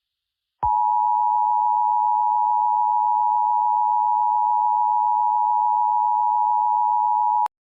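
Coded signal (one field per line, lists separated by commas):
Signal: Emergency Alert System (SAME) tones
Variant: 853 and 960 Hz attention tone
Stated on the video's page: Fictional EAS scenario, not a real alert.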